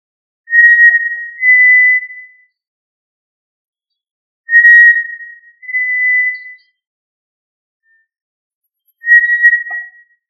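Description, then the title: Tinamou whistled calls: pure steady notes in pairs with the second slightly higher, two pairs and then a single note about every four seconds in otherwise silent surroundings. "Familia Tinamidae - Quail - Puyuh"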